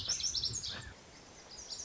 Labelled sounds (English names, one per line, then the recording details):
Lazuli Bunting
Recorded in Sonoma County, California